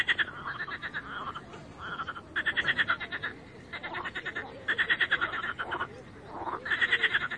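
Chorus of frogs giving rhythmic rattling croaks in repeated bursts, with softer calls between them.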